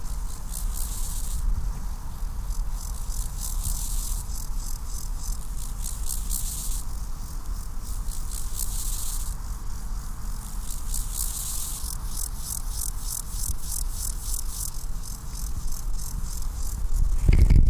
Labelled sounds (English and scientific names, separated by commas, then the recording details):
Steppe Grasshopper (Chorthippus dorsatus) stridulation
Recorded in the wild
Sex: male
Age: imago
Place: Mühlenbeck, Brandenburg, DE
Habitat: Feuchtwiese
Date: 1997-08-31 15:26
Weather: 24°C, heiter (Wolkenschatten)
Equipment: Sony MD-WM MZ-R3, Sennheiser ME 80, K 30 AV, Kopie Uher 4000 Report Monitor
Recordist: Tembrock, Günter